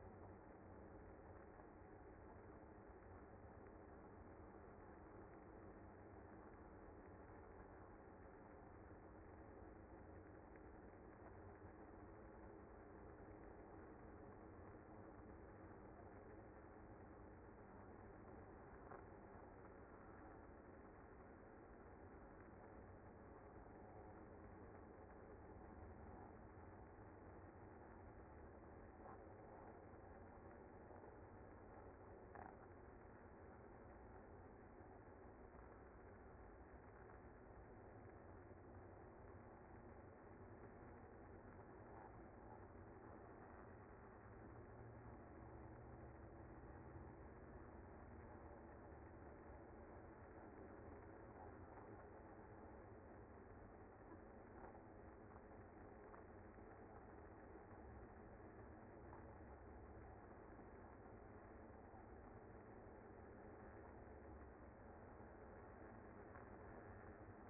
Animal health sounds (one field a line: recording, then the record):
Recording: honeybee colony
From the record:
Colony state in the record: active